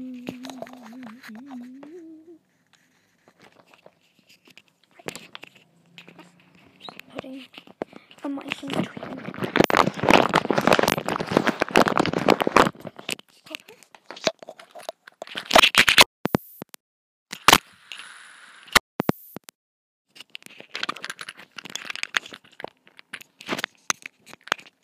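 Nails tap and scratch the mic while it squelches in slime and blu tack, with a dense crackling stretch midway and sharp clicks afterward.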